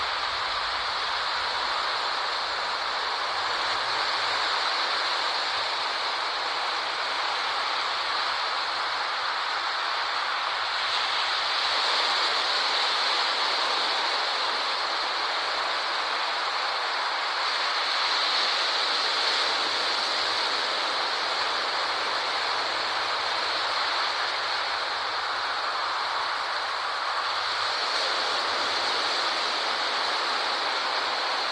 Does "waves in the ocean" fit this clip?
yes